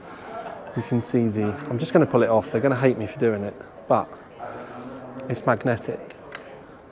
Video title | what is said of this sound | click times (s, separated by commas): Hyte CES 2024 Booth Tour | just snaps back in and really simple the braid | 6.3 s